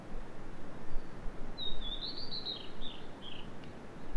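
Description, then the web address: Bird calls, a short cluster of high, quick chirps and twitters lasting about two seconds over a steady low rumble of background noise. "yacho koe"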